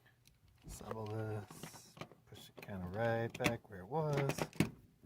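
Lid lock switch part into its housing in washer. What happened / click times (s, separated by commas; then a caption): The part is being handled and has not clicked home yet / none. Someone talks while pushing the plastic switch part of a GE washer's lid lock by hand back where it was in its housing, with a few faint, brief ticks around 0.3, 2.0 and 2.1 seconds. The part is being handled but has not seated or clicked into place yet.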